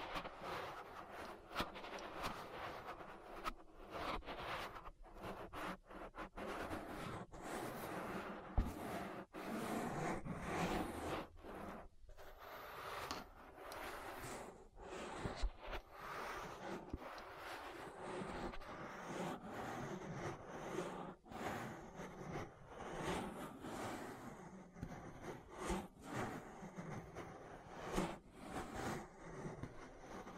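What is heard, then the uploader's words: An ear massage: continuous rubbing and scraping strokes that never pause across the thirty seconds. The texture is dense and rough, with a steady low rumble underneath and frequent irregular louder swipes and crackles, a few sharper thumps near 9, 15 and 21 seconds. ASMR Relaxing Ear Massage. (No Talking).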